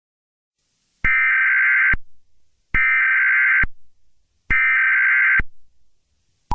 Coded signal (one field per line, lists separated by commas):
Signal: Emergency Alert System (SAME) tones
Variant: header bursts